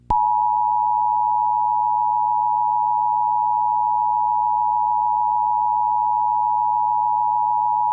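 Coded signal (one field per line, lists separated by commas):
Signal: Emergency Alert System (SAME) tones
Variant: 853 and 960 Hz attention tone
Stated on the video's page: Recreation of a severe thunderstorm warning, made with macros, simulating what would have aired.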